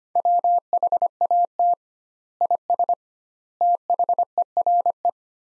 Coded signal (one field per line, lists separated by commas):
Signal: Morse code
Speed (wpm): 25 wpm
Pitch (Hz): 700 Hz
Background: none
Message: WHAT IS THERE